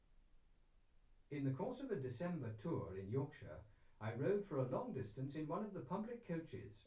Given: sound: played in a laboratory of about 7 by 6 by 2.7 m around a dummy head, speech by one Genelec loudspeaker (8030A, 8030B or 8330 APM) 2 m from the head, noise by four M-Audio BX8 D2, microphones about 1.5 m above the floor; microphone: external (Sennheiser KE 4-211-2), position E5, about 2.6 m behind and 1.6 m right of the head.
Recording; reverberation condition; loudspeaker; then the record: male speech in English; low; 120 degrees to the left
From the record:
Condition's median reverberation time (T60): about 310 ms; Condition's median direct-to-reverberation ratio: about 3.5 dB